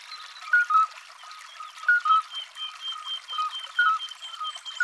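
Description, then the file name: Midwife toad notes: soft, short piping beeps repeated at uneven intervals, with a thin high whistle and hiss behind. "Alyte"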